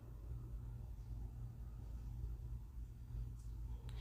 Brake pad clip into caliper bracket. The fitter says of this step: click right in